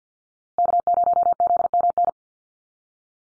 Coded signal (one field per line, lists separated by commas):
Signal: Morse code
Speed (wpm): 50 wpm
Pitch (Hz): 700 Hz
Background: none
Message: K0ZMN